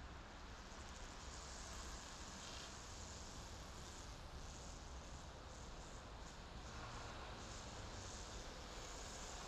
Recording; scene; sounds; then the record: everyday scene through a hearing-aid microphone; in traffic; traffic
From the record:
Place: main city hub, rush hour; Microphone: in the ear canal, left